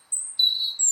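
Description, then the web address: Bird giving brief very high, thin whistled notes, two overlapping tones held steadily. "cianscape birddata Deverinetal 2025 Bird Only"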